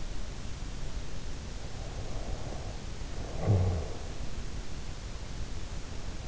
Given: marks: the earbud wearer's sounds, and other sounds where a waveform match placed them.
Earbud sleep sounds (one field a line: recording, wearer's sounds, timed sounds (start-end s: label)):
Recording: sounds in sleep by an in-ear microphone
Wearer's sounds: snoring breath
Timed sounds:
1.79-4.19 s: snoring breath